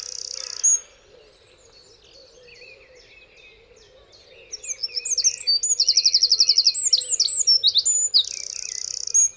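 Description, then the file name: Eurasian wren singing: a brief high note, a quiet spell, then a rapid cascade of piercing trills that ends in another high burst, over a low hum. "ökörszem-hangja"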